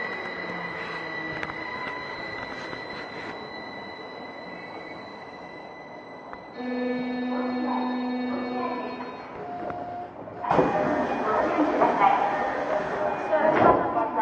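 A Tokyo Metro 05 series wide-door train runs on its line, a steady high whine humming over low rumble for the first six seconds. Then a stepped, buzzing motor tone rises in layers, and after ten seconds louder rattling wheel noise and clanks fill in.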